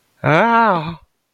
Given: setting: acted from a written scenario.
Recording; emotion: vocal sound without words; pain